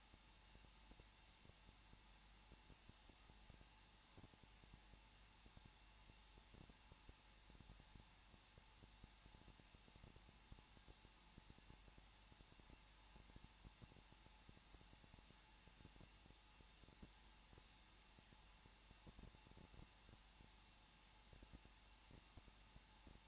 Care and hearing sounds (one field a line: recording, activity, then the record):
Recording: daily activity, microphone in the room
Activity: no activity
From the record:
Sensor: 1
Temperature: 20.0 degrees Celsius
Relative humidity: 39.4%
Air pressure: 1006.4 hPa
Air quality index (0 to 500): 219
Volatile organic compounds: 83 ppm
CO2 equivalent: 3632 ppm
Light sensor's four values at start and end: 1/2/1/1 and 1/2/1/1